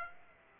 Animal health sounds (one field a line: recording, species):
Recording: mosquito wingbeat signal from an infrared sensor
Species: Aedes aegypti